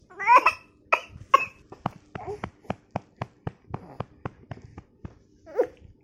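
A 3-month-old baby gives brief fussy cries, then a rapid run of about a dozen short, sharp coughs while its mother comforts it.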